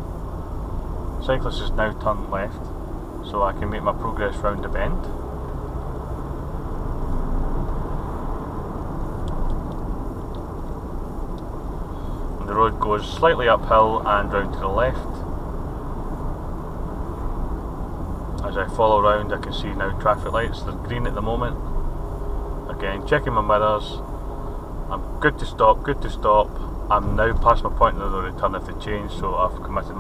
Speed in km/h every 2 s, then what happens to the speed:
32, 34, 37, 39, 40, 37, 37, 39, 39, 37, 35, 35, 35, 34, 37.
0-7 speeds up to 40. 7-30 steady at about 37.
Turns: none.